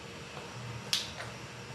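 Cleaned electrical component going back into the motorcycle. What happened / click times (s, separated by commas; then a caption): The plastic part clicked into place / 0.9 s. During an ECU install on a Kawasaki ZX10R, a freshly cleaned electrical component is pushed back into place in the motorcycle. A single sharp click sounds at 0.9 s over a low background hum. The part seats.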